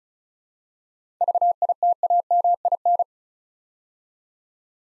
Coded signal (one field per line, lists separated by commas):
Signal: Morse code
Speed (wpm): 36 wpm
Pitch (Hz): 700 Hz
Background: none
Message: VITAMIN